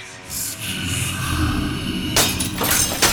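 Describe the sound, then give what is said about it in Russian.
Glass mirrors crack and shatter into dust in a sustained, crunching cascade, followed by two bright bursts of breaking shards near the end. No voices are heard. “Зеркала. Все, что еще остались здесь, включая и стеклянную часть половины, треснули и рассыпались пылью.”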